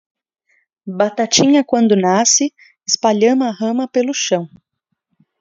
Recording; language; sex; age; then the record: short text; Brazilian Portuguese; female; 30 to 39 years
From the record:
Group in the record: control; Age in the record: 34 years